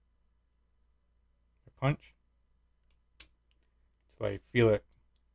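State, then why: Not seated. During reassembly of a SIG Sauer P22X pistol, a steel pin is pushed with a punch toward the hole in the safety/decocking lever and frame while someone talks, with brief sharp handling sounds between the words. The pin is being handled but nothing has seated or clicked yet.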